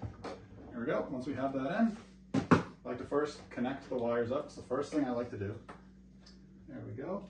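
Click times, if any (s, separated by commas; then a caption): none. Someone talks while handling a yellow-marked wire plug from the tracks, lining it up to connect into its mating connector inside a BuyAta M1 model tank, with a few soft handling sounds between words. Nothing has seated or clicked yet.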